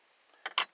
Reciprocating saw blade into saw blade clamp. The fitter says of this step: and they just snap right in